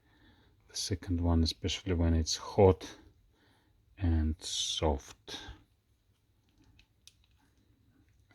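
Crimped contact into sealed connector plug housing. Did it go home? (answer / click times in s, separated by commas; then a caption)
yes / 7.1 s. A crimped socket contact on a short wire is pushed into the back of a plastic multi-pin sealed connector plug housing. Someone talks over the first half of the clip, then after a quiet stretch a small sharp click at 7.1 seconds marks the contact locking into place. The contact is seated.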